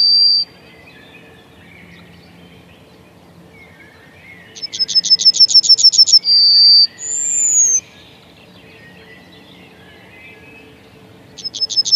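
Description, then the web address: Yellowhammer song: a rapid chain of short repeated notes, a long held note and a high descending whistle, then quiet and the start of another phrase. "Kurs PTTK Kurs materiały Przyroda Ptaki Trznadal"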